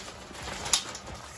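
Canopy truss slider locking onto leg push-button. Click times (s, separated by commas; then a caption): 0.7 s. The corner slider of a pop-up canopy frame is pushed up the metal leg until the spring push-button snaps through and locks it in place. A single sharp, bright click sounds at 0.7 s over low steady background noise, and the slider is seated and locked.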